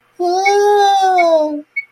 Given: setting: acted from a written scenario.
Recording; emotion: vocal sound without words; fear